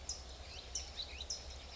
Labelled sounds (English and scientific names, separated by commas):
California Towhee (Melozone crissalis)